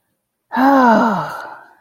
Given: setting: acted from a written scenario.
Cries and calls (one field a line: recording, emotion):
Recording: vocal sound without words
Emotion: relief